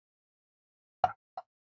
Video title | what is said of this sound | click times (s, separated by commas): What's In The Box? Medusa from Star Ace / X-Plus | snaps in place | 1.0 s